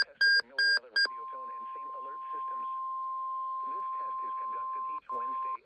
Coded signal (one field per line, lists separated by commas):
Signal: Emergency Alert System (SAME) tones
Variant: 1050 Hz attention tone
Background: speech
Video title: Required Weekly Tests from BOX, GYX, and ALY! (EAS #826-829)